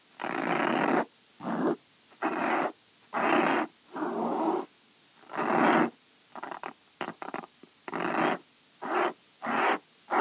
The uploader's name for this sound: 𝗳𝗮𝗯𝗿𝗶𝗰 𝘀𝗰𝗿𝗮𝘁𝗰𝗵𝗶𝗻𝗴